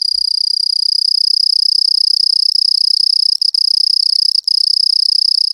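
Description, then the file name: Long-tailed cricket trilling, a continuous high, rapidly pulsed buzz held steady throughout with a fainter higher overtone, with three very brief breaks in the second half. "INS-eurepa-long-tailed cricket"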